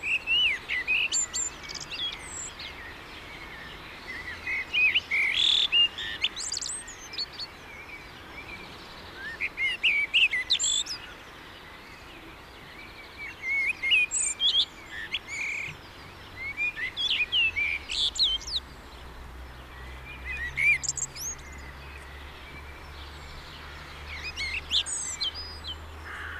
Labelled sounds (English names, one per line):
Common Blackbird song